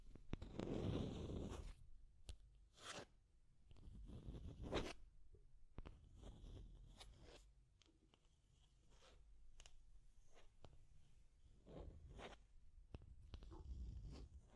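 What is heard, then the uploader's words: Deep scratching comes in rough, irregular bursts with a heavy low rumble, strongest near the start and again around two, three and five seconds. Shorter rasping strokes follow at uneven intervals through the rest, quieter in the middle and building again toward the end. Deep Scratching. (No Talking).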